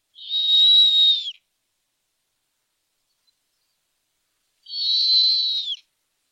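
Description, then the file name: Snowy owl giving two long, high, whistled screams, each about a second long and slightly falling at the end, separated by a few seconds of silence. Captive bird at a zoo in Pessac near Bordeaux, France. "Harfang des neiges"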